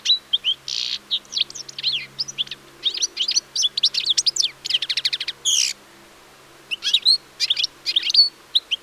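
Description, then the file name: European Goldfinch song, rapid high twitters and dry rattling trills, a brief gap, then more liquid chirping notes. "Carduelis carduelis"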